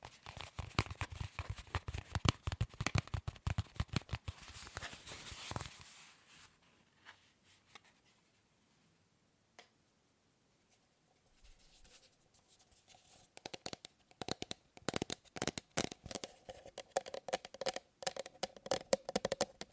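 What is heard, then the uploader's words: Tapping on objects, starting with a fast, dense run of sharp taps for about six seconds. It then drops to a near-silent stretch with only scattered faint clicks until around eleven seconds, when brisk tapping returns with a slightly ringing, hollower tone. ASMR Fast & Slow Tapping on 6 Objects No Talking.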